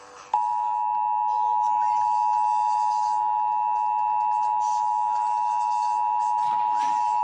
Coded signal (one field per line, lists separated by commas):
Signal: Emergency Alert System (SAME) tones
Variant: 853 and 960 Hz attention tone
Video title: WIKY FM issues a required monthly test of the Indiana emergency alert system?!